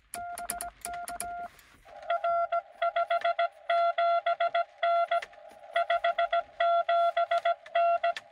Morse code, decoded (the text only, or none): BK R 57N 57N